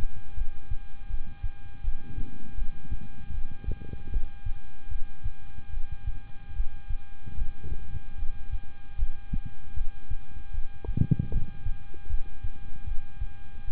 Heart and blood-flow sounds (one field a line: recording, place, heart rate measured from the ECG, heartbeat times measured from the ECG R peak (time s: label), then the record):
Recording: heart sounds by stethoscope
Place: between the tricuspid and mitral areas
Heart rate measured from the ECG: 77 bpm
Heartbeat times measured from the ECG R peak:
0.35 s: heartbeat
1.07 s: heartbeat
1.81 s: heartbeat
2.55 s: heartbeat
3.31 s: heartbeat
4.10 s: heartbeat
4.89 s: heartbeat
5.70 s: heartbeat
6.53 s: heartbeat
7.35 s: heartbeat
8.16 s: heartbeat
8.96 s: heartbeat
9.74 s: heartbeat
10.51 s: heartbeat
11.29 s: heartbeat
12.07 s: heartbeat
12.84 s: heartbeat
13.65 s: heartbeat
From the record:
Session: rest, lying down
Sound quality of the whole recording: good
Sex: male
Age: 26 years